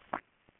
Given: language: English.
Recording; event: throat vibration sensor signal played as sound; swallow